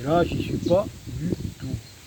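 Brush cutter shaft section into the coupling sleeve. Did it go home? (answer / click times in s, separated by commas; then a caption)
yes / 1.3 s. Someone talks while holding the release button and turning and pushing the shaft section of a Parkside PBS 2E5 42.7 cm³ petrol brush cutter into its coupling sleeve. A short click at 1.3 s marks the coupling engaging, and the shaft is locked in place.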